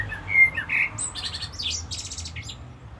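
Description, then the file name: Common blackbird giving flute-like whistles that give way to a high, buzzy, rapidly repeated twittering ending. "Turdus merula"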